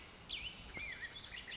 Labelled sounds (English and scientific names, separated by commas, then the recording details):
Black-headed Grosbeak (Pheucticus melanocephalus)
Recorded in Sonoma County, California